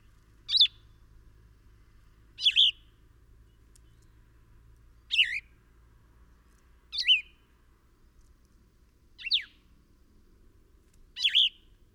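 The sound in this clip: Bird calls: six brief, sharp chirps spaced roughly every two seconds, each a quick squeaky note with a falling or wavering shape, faint low hum beneath.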